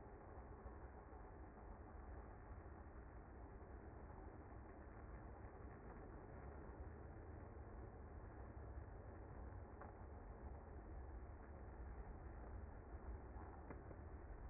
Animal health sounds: honeybee colony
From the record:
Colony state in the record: active

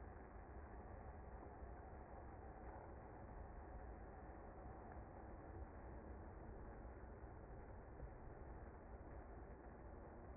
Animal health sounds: honeybee colony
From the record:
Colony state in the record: active

